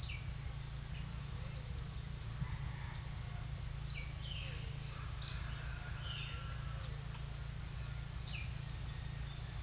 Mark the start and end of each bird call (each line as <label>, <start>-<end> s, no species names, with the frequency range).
bird call (1.3-10.7 kHz), 3.76-4.56 s
bird call (2.7-11.1 kHz), 5.19-5.64 s
bird call (0.6-4.1 kHz), 6.00-6.86 s
bird call (2.5-9.4 kHz), 8.13-8.60 s